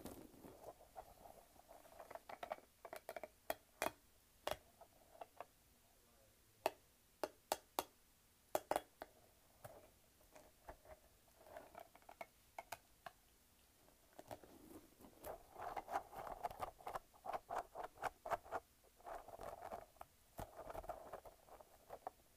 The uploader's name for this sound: Squishing and Shaking a Light-Up Ball